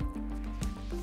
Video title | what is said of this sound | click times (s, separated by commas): Shark Unboxing S-Drak With Alex And Sam Lowes | To clip it back in, just line it up with a slot just inside the helmet, push one side until you hear it clip, | 0.6 s